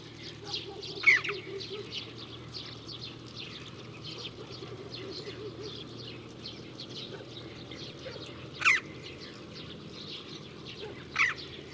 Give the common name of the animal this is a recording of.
Red-billed Chough